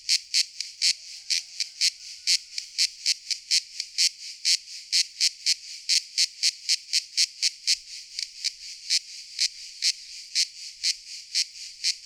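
Cicada producing a shrill, rapidly pulsing buzz, each pulse swelling and fading, throughout.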